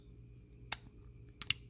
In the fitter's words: snapped right back into place.